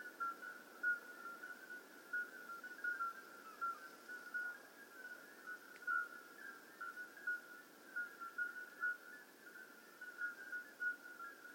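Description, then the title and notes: Common midwife toads giving repeated short fluty whistles, many callers overlapping in a continuous even chorus. Hundreds of common midwife toads calling simultaneously at slightly different pitches in an old disused quarry, outskirts of Lerouville, just after midnight; calling begins at dusk and continues through the night. "Outskirts of Lerouville. Common Midwife Toads. Recorded by Colin Hunter. Music for Sleep project"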